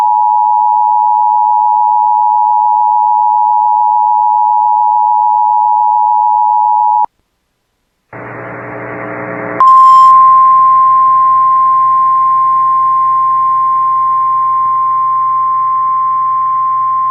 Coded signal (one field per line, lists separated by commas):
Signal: Emergency Alert System (SAME) tones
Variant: 853 and 960 Hz attention tone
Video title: [EAS] Severe Thunderstorm Warning for Northome Area (9/12/25)